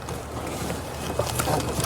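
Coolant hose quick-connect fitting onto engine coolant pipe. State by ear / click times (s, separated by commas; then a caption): not seated / none. A bottom coolant hose quick-connect fitting on a Chrysler 200 is lined up and pushed onto its plastic nipple on the engine coolant pipe, with a steady low rumble and brief handling knocks around 0.1, 1.2 and 1.4 seconds. The fitting has not seated or clicked in yet when the clip ends.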